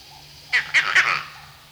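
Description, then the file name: Vervet monkey giving a short, rapid series of a few nasal chirps lasting under a second, with a faint background hum. "Vervet Monkey (Chlorocebus pygerythrus)"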